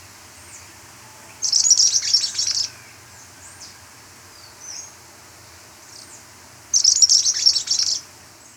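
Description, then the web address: Black flowerpiercer giving two high, rapid, buzzy twittering bursts of about a second each, several seconds apart, with faint short high notes between them. Recorded in Ecuador. "Natures Songs S America Birds of Ecuador. Black Flowerpiercer"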